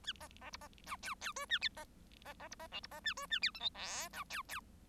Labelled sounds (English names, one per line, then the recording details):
Bengalese Finch song
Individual Bird1